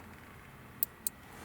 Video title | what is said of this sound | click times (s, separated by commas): Toyota RAV4 (2019-2022): Android AI Box. Full Android OS, Wireless Android Auto, Apple CarPlay. | Until it clicks, and now it can be used. | 0.8 s, 1.1 s